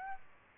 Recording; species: mosquito wingbeat signal from an infrared sensor; Aedes aegypti